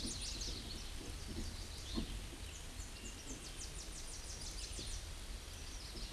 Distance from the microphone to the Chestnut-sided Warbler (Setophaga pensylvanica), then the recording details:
about 65 m. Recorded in a Pennsylvania forest on 18 May 2023 at 09:48. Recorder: AudioMoth, point grid1_33_low. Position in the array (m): 14 m, 85 m